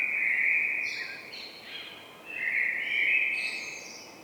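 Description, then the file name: Common blackbird calling: long, high, steady notes that step up and down in pitch, with a brief dip in the middle and a second strong stretch near the end. "Turdus merula"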